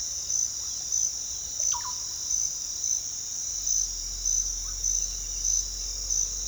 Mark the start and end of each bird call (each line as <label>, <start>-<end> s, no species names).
bird call, 1.53-1.94 s